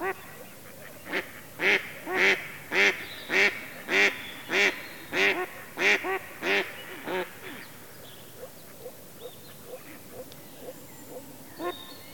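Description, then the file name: Mallard quacks: a loud, regular series of harsh, nasal quacks almost twice a second, which then fades into softer, quieter calls. Mallard duck quacking. "Digiffects Sound Effects Library - Mallard Duck Quacking"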